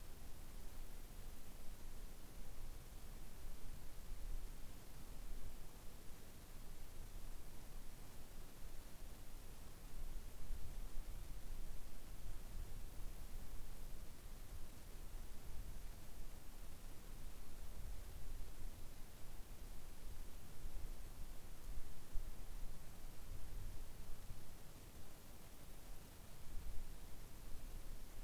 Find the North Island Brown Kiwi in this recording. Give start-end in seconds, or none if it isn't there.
none